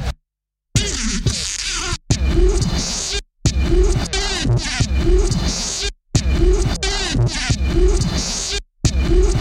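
Mud dauber wasp giving a steady, rough buzz with wavering pitch, running in long stretches separated by brief silences.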